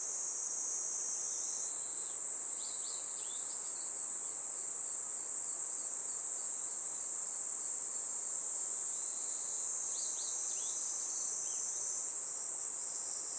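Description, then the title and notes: Kaempfer cicadas keep up a constant sizzling buzz, with bursts of bird chirps around three seconds and again near ten to eleven seconds. Chorus of Kaempfer cicadas that had just begun singing in a forest by the Tama River in summer, with birds also singing. "多摩川の森、ニイニイゼミたちの合唱"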